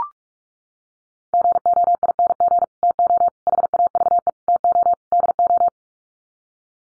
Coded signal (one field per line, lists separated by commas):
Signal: Morse code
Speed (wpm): 44 wpm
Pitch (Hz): 700 Hz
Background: none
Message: GOING TO HAVE TO DO